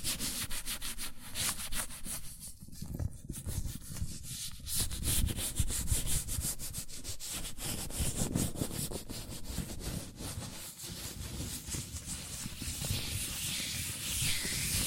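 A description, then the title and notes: Latex gloves rub and squeak against hands in a steady, dense rustle, with quick repeated strokes and a brighter, hissier stretch near the end. ASMR Latex Gloves Hand Sounds (No Talking).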